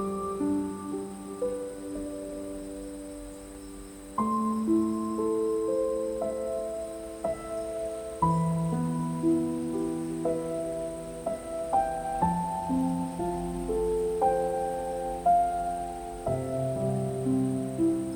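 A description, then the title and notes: Soft piano plays slow, sustained chords that change every few seconds, each struck note ringing out and fading, with low bass notes beneath. A thin, steady high chirring of crickets runs underneath throughout, faint. Relaxing Sleep Music and Night Nature Sounds_ Soft Crickets, Beautiful Piano.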